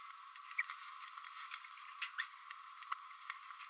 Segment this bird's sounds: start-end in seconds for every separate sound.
0.58-0.62, 2.18-2.24